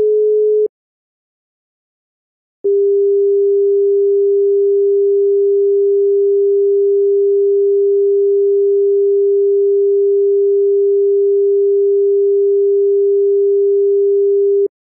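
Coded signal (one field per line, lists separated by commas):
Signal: telephone call progress tone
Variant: Europe, 425 Hz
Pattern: dial tone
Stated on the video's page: Bahrain telephone tones, including dial, busy, ringback, number unobtainable, call waiting, payphone recognition, congestion, intercept and route tones.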